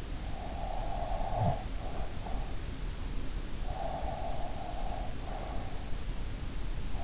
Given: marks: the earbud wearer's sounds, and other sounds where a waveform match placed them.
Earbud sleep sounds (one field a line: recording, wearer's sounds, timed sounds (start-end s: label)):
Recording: sounds in sleep by an in-ear microphone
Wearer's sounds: breath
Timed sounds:
0.47-2.54 s: breath
3.89-5.58 s: breath